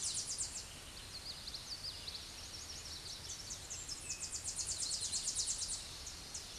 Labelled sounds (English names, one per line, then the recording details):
Common Yellowthroat song
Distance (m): 25 m
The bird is about 5 m above the microphone
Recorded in a Pennsylvania forest on 16 May 2024 at 08:21
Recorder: AudioMoth, point MSD-1892
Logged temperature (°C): 14.5 °C
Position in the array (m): 78 m, 100 m